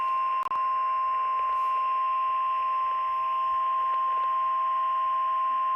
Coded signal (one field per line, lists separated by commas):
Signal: Emergency Alert System (SAME) tones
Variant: 1050 Hz attention tone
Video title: EAS radio capture 9-18